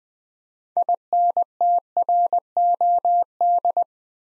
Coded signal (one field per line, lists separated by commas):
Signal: Morse code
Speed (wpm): 20 wpm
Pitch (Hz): 700 Hz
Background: none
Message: INTROD